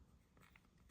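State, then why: Not seated. During transformation of a toy robot figure, the plastic tab on its door panel is lined up with the slot on the arm and pressed down. Only faint, quiet handling taps and rustles are heard, with a slightly louder bump at the very end. Nothing has seated or clicked yet.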